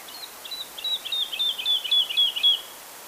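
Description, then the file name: Woodlark delivers a quick rolling phrase of repeated, liquid notes over light background noise. "Tottavilla"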